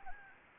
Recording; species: mosquito wingbeat signal from an infrared sensor; Anopheles gambiae